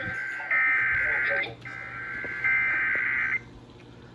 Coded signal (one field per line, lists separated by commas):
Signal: Emergency Alert System (SAME) tones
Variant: header bursts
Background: speech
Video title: A busted slight risk… EAS Alerts from 9/21/23 [EAS #339-347]